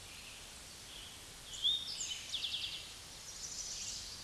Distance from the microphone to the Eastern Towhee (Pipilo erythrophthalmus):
about 40 m